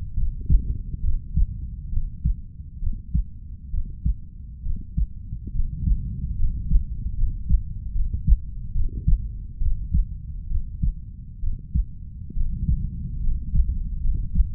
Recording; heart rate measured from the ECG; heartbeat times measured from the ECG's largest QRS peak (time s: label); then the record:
heart sounds by stethoscope; 69 bpm
0.14 s: heartbeat
1.00 s: heartbeat
1.89 s: heartbeat
2.79 s: heartbeat
3.70 s: heartbeat
4.62 s: heartbeat
5.52 s: heartbeat
6.35 s: heartbeat
7.14 s: heartbeat
7.92 s: heartbeat
8.72 s: heartbeat
9.58 s: heartbeat
10.47 s: heartbeat
11.40 s: heartbeat
12.33 s: heartbeat
13.20 s: heartbeat
14.00 s: heartbeat
From the record:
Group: healthy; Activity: rest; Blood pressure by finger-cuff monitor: 117/60 mmHg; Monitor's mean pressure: 75 mmHg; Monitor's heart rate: 70 bpm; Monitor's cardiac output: 5.8 L/min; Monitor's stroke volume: 84 mL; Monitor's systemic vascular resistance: 940 dyn s/cm5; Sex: female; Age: 32 years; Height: 168 cm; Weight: 61.9 kg